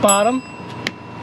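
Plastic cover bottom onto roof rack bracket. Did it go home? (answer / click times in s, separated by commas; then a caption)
yes / 0.9 s. Someone talks while the bottom of the third plastic cover is pressed onto a roof rack bracket during installation of Tesla cross bars on a Model Y. A short, sharp click is heard at 0.9 s as the cover's bottom clips in and seats.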